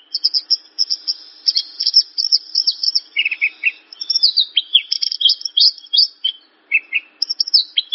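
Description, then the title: Javan bush lark delivering a lively jumble of high sharp chirps and downslurred notes, with a couple of lower twittering runs. Song used as a lure recording (pancingan); the bird is described as gacor, singing actively. "PANCINGAN Suara BURUNG Branjangan Gacor"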